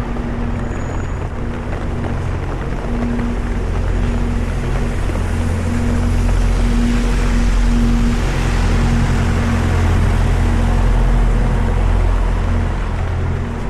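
Rain during a London walk hisses steadily over a low engine rumble and hum that swells louder midway, then eases slightly.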